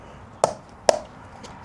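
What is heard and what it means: A wire lead with positive and negative wires fed through is pushed into the adapter housing of a myQ Smart Garage adapter kit for a garage door opener. Two sharp pops are heard at 0.4 s and 0.9 s as the lead seats into the adapter terminal.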